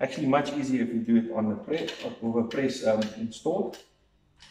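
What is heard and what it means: Someone talks while the plastic primer insert of a Lee Precision Automatic Case Primer (ACP) is lined up by its flat side, which makes it easier to locate and lock, before being pushed into the case priming press. Near the end there is a brief faint sound at about 4.4 s, but the insert has not yet clicked or seated in the press.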